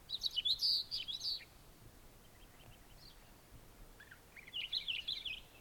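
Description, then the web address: Hume's wheatear calls in two bursts of quick, scratchy, high warbled notes, one at the start and one near the end, with a quiet hiss between them. "Hume's wheatear. صدای-پرنده-چکچک-شکم-سفید"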